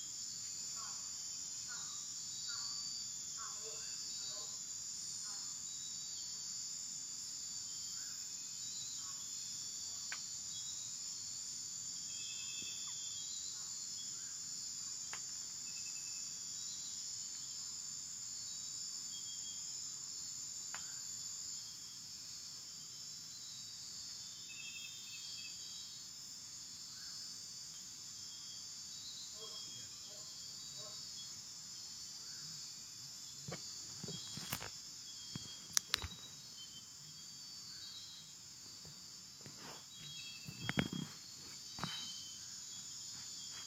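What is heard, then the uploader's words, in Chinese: Night in a forest national park in Ecuador, filled with a steady, dense high chorus of crickets and other insects, shrill and unbroken throughout. Beneath it, faint chirps and calls come and go, and a few clicks and knocks break through near the end. 厄瓜多加国家森林公园的晚上。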